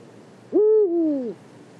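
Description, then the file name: Eurasian eagle-owl single hoot, a mellow low tone that holds briefly, then falls and curves downward before stopping, followed by quiet hiss. Recorded at Marianka, Slovakia, in 2012. "Bubo Bubo Marianka Slovakia"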